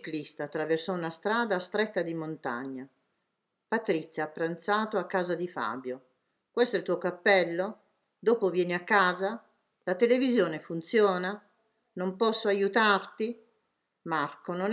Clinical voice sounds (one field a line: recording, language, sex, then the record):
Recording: read phrases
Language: Italian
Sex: female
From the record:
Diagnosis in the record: healthy control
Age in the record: 69 years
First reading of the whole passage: 64 s, 7.9 characters per second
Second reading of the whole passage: 54 s, 9.5 characters per second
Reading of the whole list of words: 33 s, 8.4 characters per second